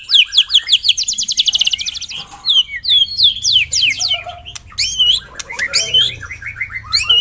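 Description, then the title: White-rumped shama song opening with a fast repeated trill of sharp notes, then varied chirps, slurred whistles and harsh buzzy phrases. White-rumped shama song used as a lure (pikat). "Pikat Murai Batu"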